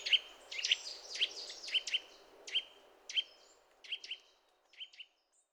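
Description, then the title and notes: Eurasian nuthatch calls, a loose series of sharp notes that fade toward the end, against a soft background hiss. Resident bird becoming vocal during mild winter weather after being discreet; contact calls followed by song in sequence; species commonly found in forests, parks and small woods. "Sonothèque naturophonia. La Sittelle torche-pot (Sitta europaea)"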